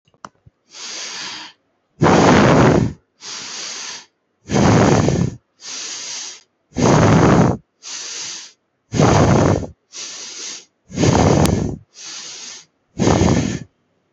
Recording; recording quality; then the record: deep breathing; excellent, no background noise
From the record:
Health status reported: healthy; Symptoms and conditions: none ticked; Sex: male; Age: 26 years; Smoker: not ticked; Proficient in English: yes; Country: India